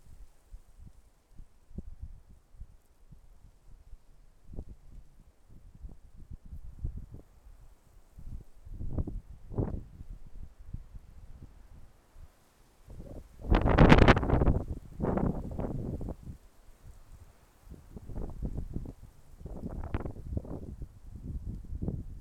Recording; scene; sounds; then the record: everyday scene through a hearing-aid microphone; wind on the microphone; wind, traffic, birds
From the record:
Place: suburban garden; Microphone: behind the ear, left, front